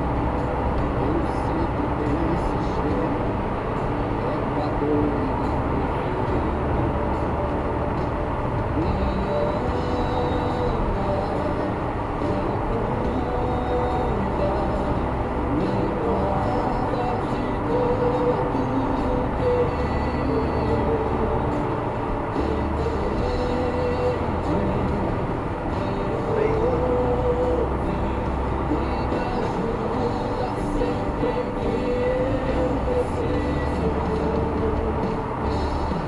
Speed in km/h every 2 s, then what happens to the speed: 133, 132, 131, 129, 128, 127, 126, 127, 128, 129, 127, 127, 125, 123, 122, 122, 123, 123.
0-36 steady at about 127.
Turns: none.